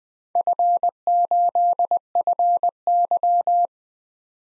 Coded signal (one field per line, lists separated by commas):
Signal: Morse code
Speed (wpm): 20 wpm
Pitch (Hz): 700 Hz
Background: none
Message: F8FY